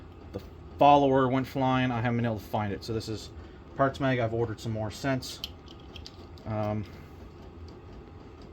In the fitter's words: that just goes up inside like that. Notice it didn't click or lock cuz I don't have that